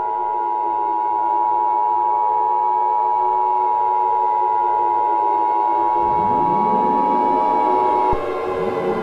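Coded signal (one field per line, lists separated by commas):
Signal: Emergency Alert System (SAME) tones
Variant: 853 and 960 Hz attention tone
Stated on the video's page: A fictional EAS scenario, not a real alert.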